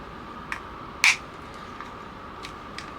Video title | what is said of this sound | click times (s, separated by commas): BOXIO SETUP FOR MY MERCEDES BUS BATHROOM GIRL POWER | Push it together until it clicks. | 1.0 s